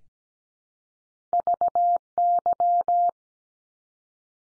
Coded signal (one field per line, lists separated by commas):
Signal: Morse code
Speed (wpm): 17 wpm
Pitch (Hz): 700 Hz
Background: none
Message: VY